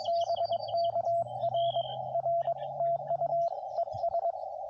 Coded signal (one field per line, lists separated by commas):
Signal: Morse code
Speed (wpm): 22 wpm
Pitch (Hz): 690 Hz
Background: radio noise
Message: BK R R TU ES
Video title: CW POTA Lower Hobble Creek